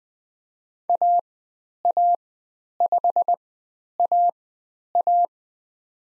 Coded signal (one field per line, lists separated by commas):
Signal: Morse code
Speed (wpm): 20 wpm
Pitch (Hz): 700 Hz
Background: none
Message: AA5AA